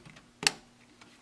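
A second 16 GB DDR4 memory stick is aligned by its notch and pressed down on both sides into a desktop motherboard DIMM slot of an HP Pavilion TP01-1016 after the slot tabs are opened. A sharp, bright click lands at 0.5 s amid faint ticks, and the module is seated with the tabs locked.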